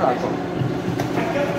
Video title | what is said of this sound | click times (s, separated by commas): Montagem Câmara fria passo a passo ( montagem porta sem soleira ) | beleza ó encaixou certinho olha aqui ó olha aqui aqui beleza | 1.0 s